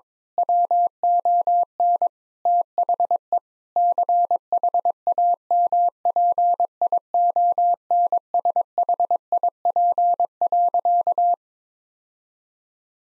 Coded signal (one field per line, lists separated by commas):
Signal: Morse code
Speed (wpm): 21 wpm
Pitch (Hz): 700 Hz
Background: none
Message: WON THE CHAMPIONSHIP.